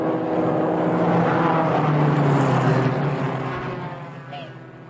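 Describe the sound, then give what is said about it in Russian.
Racing car engines roar past on a race track in a loud, steady drone with a buzzing, tonal whine, then the noise begins to fade away over the last second as the cars disappear behind the last turn. “Машины скрылись за последним поворотом.”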